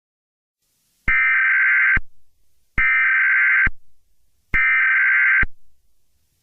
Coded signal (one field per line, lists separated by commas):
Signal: Emergency Alert System (SAME) tones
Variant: header bursts